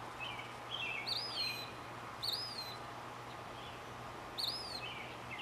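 Mockingbird song: sparse, high whistled phrases with sweeping upward and downward notes, spaced about a second or two apart, over a steady low hum.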